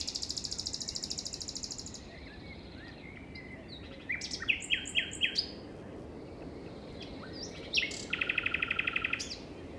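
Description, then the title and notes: Common nightingale song opening with a high rapid trill, then loud repeated chirps and a buzzy trill, over a constant rush of wind. Common nightingale singing beside a path, Plateau de Lesches-en-Diois, 21 May 2019 at 5:05 am; windy; recorded in stereo on a Nagra Seven with MKH40 microphones. "Plateau de Lesches en diois. un rossignol en bord de chemin"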